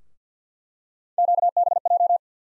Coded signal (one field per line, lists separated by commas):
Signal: Morse code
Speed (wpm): 50 wpm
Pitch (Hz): 700 Hz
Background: none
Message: QBJ